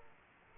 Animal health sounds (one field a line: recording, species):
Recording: mosquito wingbeat signal from an infrared sensor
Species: Aedes aegypti